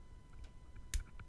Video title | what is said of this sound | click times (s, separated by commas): How to Change / Remove AirPods Pro Ear Tips (Easy Replacement) | and you hear a snap and it just comes off just like that | 0.9 s